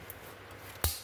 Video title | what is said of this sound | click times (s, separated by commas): How DO you Change the Front Brake Discs and Pads on a Volvo XC90? 🤔 | Old-fashioned click. | 0.8 s